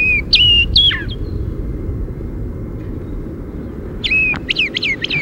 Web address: Wheatear White-crowned